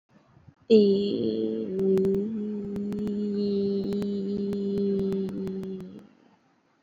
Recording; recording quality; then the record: sustained vowel as in beet; excellent, no background noise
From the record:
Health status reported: COVID-19 positive, mild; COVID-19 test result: positive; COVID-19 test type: RT-PCR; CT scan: not taken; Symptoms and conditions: cough, cold, breathing difficulty, sore throat, fever, fatigue, muscle pain, loss of smell and taste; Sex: female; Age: 20 years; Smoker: no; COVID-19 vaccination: both doses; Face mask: not worn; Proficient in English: yes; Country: India